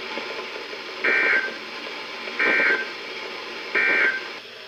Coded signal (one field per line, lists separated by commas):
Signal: Emergency Alert System (SAME) tones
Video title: EAS #1455-#1469: Enhanced in Kentucky! | WWG81, WZ2500, WXM72, WXM71, & WXL60